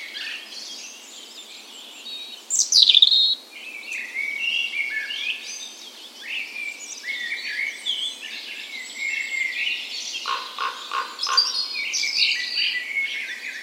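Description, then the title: Dawn chorus of birds with dense overlapping song, a loud sharp burst near the start, then varied warbles, trills and chirps continuing throughout. Dawn chorus in spring, morning of 17 May, Norway's National Day, in a park west in Bergen, Norway; recorded with Sony PCM A10 and LOM micro Usi microphones as tree ears. "17th Of May Dawn Chorus"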